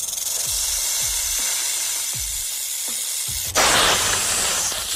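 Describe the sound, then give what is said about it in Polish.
A snake hisses steadily and loudly, with soft low thumps pulsing underneath, then a sharper, louder hiss bursts out near the end. No one speaks. “10 najbardziej jadowitych węży na świecie występuje w Australii.”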